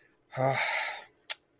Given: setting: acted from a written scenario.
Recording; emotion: vocal sound without words; disappointment